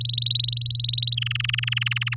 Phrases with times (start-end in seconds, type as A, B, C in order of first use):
0.01-1.15 A, 1.17-2.15 B